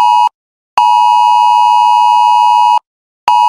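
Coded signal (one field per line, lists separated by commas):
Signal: Emergency Alert System (SAME) tones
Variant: 853 and 960 Hz attention tone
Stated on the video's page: Fictional EAS scenario.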